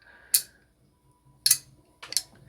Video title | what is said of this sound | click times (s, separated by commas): How to Clean a Beretta 92FS Inox: A Beginner's Guide | यह बस—यहाँ छोटा सा lock इसे अपनी जगह पर लॉक कर देता है—ठीक है, | 1.5 s